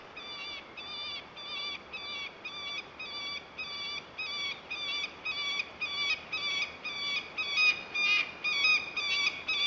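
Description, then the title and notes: Peregrine falcon repeating strident, harmonic cackling notes roughly twice a second, growing slightly louder throughout. Calls recorded in various parts of the world. "Verso del falco pellegrino. Angolo dei Bimbi"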